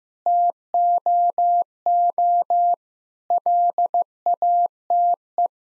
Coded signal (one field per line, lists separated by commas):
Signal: Morse code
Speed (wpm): 15 wpm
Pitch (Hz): 700 Hz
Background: none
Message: TOO LATE